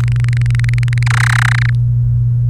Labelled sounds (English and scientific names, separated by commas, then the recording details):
Domestic Canary (Serinus canaria) song
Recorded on 29 April 2018 at 11:04
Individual llb3